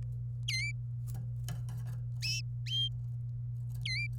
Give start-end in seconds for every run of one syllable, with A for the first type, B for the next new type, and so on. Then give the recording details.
0.48-0.71 A, 3.85-4.07 A. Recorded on 26 April 2018 at 16:20. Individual llb3